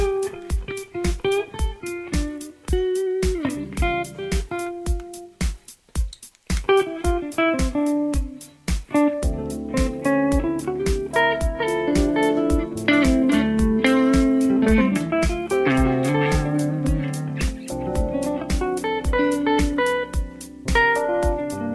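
An electric guitar plays a sustained, slightly distorted riff over a steady pulsing beat, chords and single notes ringing out with a brief drop in the middle before building fuller again.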